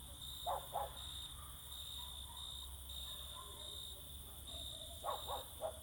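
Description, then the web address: Dog barks, two short barks early and three more near the end, over continuous high trilling crickets. Dogs barking all around in summer fields during the evening or night, with crickets singing close. "Sculp Tunes - Summer in the field"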